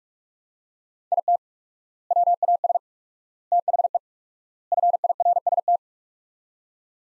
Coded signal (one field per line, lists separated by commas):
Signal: Morse code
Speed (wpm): 41 wpm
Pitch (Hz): 700 Hz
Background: none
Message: IT WAS THE FIRST